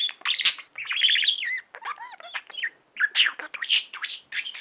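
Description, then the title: Budgerigar chattering rapidly with clicks, whistled rising and falling notes and raspy squawks, packed closely together with only brief gaps. "Budgie Sounds"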